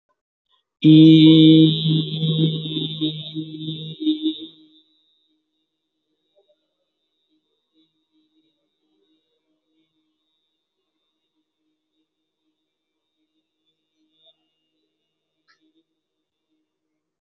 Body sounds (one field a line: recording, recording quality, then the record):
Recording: sustained vowel as in beet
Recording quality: excellent, no background noise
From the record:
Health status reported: healthy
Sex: male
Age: 22 years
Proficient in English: yes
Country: India